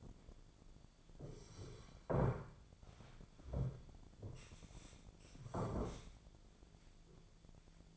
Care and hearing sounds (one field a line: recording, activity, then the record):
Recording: daily activity, microphone in the room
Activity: sit down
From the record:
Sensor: 5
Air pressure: 1008.2 hPa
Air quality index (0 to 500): 153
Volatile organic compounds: 3 ppm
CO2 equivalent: 1474 ppm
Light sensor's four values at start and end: 60/168/65/65 and 60/168/65/65